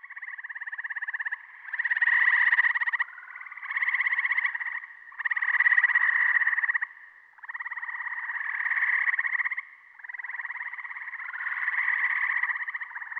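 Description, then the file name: Chorus of gray treefrogs, repeated pulsed trills lasting one to two seconds, several frogs alternating and overlapping without pause. "dan gibsons solitudes gray tree frog"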